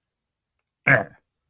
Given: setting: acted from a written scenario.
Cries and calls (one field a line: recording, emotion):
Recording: vocal sound without words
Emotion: contempt